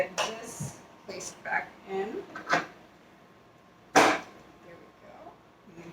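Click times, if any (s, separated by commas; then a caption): 4.0 s. A juicer part is pushed onto the juicer body during reassembly, and someone talks. It gives a sharp, loud snap at 4.0 seconds as the part clicks fully into place.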